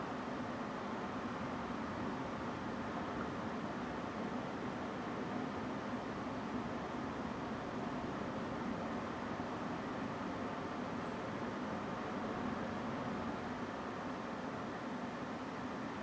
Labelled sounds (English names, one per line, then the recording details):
Song Thrush
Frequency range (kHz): Song Thrush 7.1-9.9 kHz
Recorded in France